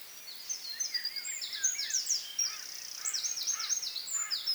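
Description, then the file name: Eurasian wren song, a fast sequence of very high trills and rattles, with lower chirping notes from another bird mixed in. "Troglodytes troglodytes"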